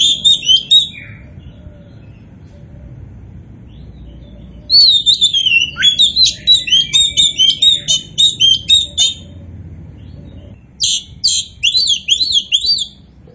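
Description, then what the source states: Oriental magpie-robin song: a long run of rapid, varied, scratchy notes, then a shorter burst of sharp downswept notes after a pause. Kacer poci type, singing vigorously ('gacor').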